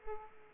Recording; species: mosquito wingbeat signal from an infrared sensor; Aedes aegypti